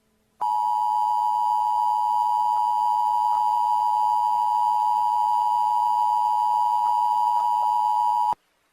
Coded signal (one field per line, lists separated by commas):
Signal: Emergency Alert System (SAME) tones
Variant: 853 and 960 Hz attention tone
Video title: Jerry EAS scenario Part 2 "Dimension hopping"